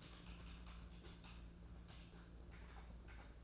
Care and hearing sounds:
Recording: daily activity, microphone in the room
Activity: typing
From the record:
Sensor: 2

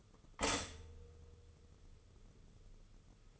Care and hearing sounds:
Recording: daily activity, microphone in the room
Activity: stop toaster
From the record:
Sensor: 4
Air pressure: 995.2 hPa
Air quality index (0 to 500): 217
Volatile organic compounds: 265 ppm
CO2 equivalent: 4400 ppm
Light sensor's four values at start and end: 28/86/33/35 and 29/87/33/36

